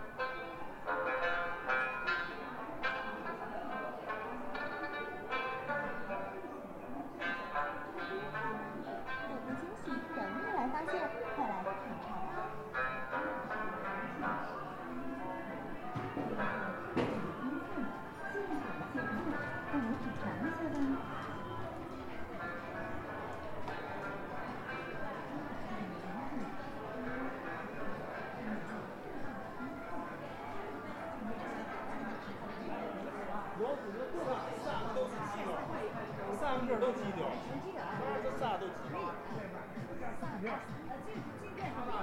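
Crowd noise on Zhongjie street in Shenyang: steady, dense overlapping chatter and voices throughout, with occasional sharper clatters and no pauses.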